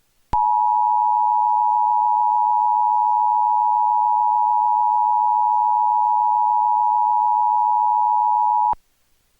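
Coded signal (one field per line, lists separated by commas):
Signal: Emergency Alert System (SAME) tones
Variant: 853 and 960 Hz attention tone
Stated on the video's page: Tornado warning EAS alert made with a Trilithic EAS encoder/decoder and a Chyron Codi character generator; not a real broadcast.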